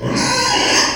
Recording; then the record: squeal of a Yucatan mini pig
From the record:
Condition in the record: before surgery on the right vocal fold (resection and tissue-engineered implant); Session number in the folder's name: 2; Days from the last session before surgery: 0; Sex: male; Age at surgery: 12 weeks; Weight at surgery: 13 kg